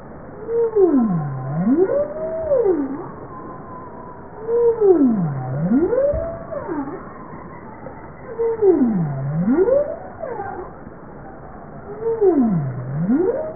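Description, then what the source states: Bowhead whale calls, four deep U-shaped sweeps falling from mid pitch to a low point and rising again, repeated about every four seconds, with fainter overlapping calls behind. Recorded 19 April 1988.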